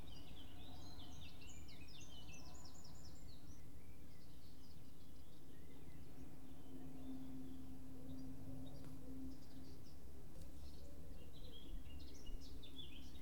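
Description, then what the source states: Birds chirping in short high bursts, busiest in the first few seconds and again near the end, over a steady low rumble. Outdoor light ambience.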